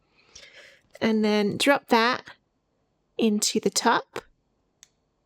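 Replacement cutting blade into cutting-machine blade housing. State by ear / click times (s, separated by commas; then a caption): seated / 4.8 s. A replacement sharp cutting blade, its protective rubber tip pulled off, is dropped into the top of a cutting machine's blade housing while someone talks. A single sharp tick at 4.8 s marks the blade clicking into place, held by a small magnet.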